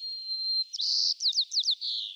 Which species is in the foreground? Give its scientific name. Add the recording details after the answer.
Zonotrichia leucophrys. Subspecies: nuttalli. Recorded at Morro Bay, California, in 2014. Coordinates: 35.368, -120.867. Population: south. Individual MORR_maleE_14